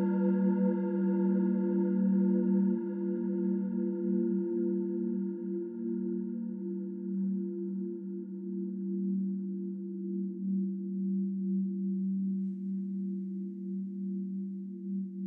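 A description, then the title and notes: Crystal bowls ring in a long, sustained drone, with several low tones layered together and a slow, wavering pulse. Brighter upper overtones are present at first and fade away over the first ten seconds, leaving a mellow, steady hum that gently rises and falls. Processing an improvisation played on eight crystal bowls with a wooden beater (for my sound library Panopticon for Avenger) with a custom preset in Breeze 2 reverb by 2CAudio.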